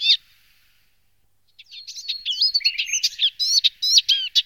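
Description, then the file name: Eastern olivaceous warbler song: one harsh note, a pause of over a second, then a scratchy warble of chirping notes. "sedmihlásek šedý"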